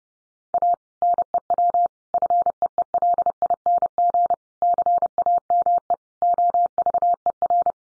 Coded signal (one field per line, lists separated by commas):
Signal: Morse code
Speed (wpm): 30 wpm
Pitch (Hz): 700 Hz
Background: none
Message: A NEW FEELING CAME OVER